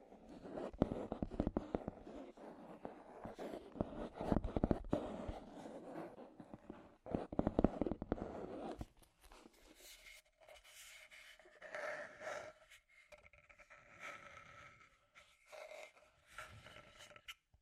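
Scratchy tapping fills the first nine seconds: a dense run of dry taps and scrapes with sharp clicks, fairly low and gritty. After a brief pause it thins into sparser, brighter scratching bursts with gaps of quiet between them, continuing to the end.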